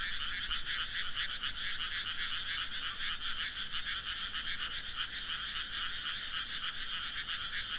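Frog calling in a fast, rasping, pulsing drone that runs throughout.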